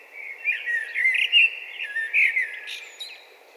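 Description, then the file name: Eurasian blackbird singing a continuous mellow, fluted warble with squeaky, high twittering notes mixed in, rising and falling throughout. "Turdus merula"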